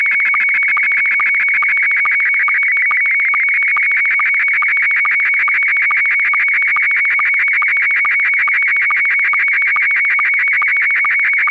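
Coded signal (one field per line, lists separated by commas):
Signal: SSTV (slow-scan television)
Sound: warbling high tone with a steady whistle and short low blips about twice a second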